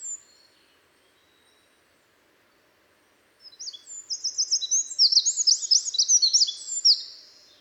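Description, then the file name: Eurasian wren singing a loud, very high, rapid outburst of trills and sharp chattering notes lasting about four seconds after a quiet start with a brief faint note. "Troglodytes troglodytes"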